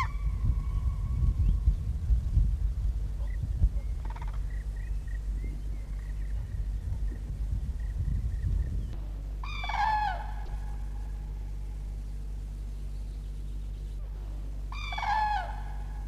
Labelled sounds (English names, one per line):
Common Crane call